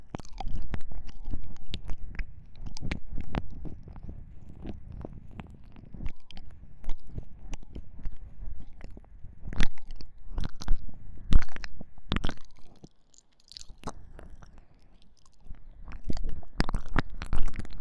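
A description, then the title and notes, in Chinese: Deep ear licking: dense wet smacking and clicking sounds with sharp bright pops, briefly thinning out near thirteen seconds before resuming. 我比較喜歡使用NT5舔耳的聲音。深入舔耳。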